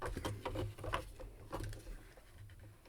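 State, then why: Not seated. A second small plastic toy piece has its tabs aligned with the clips on a Phantom 2 toy spaceship and is pushed on. The result is a few light plastic taps and rattles, and nothing has snapped into place yet.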